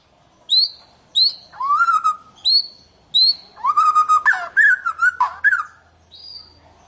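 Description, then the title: White-rumped shama song: high clear whistles repeated about every 0.6 seconds, with one lower slurred whistle among them, then a lower, varied warbling phrase of slurred whistles and chatter, ending with one faint high note. "Kicau Murai Batu"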